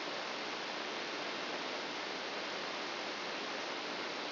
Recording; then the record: brain microelectrode recording played as sound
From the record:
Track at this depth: inside the subthalamic nucleus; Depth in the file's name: 0.429 mm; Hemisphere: left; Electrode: 2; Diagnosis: Parkinson's disease